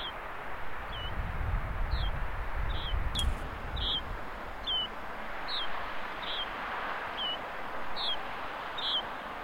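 Yellow-bridled finch calls: fairly faint, short, high notes repeated irregularly throughout, over broad hiss and low rumble early on.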